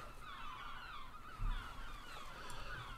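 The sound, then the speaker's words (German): A flock of loud birds honks continuously, like geese, with overlapping nasal calls over a steady low rumble and a brief thump midway, heard aboard a ship at dusk. “Das sind aber laute Vögel, die mache ich trotzdem noch mal ein bisschen leiser.”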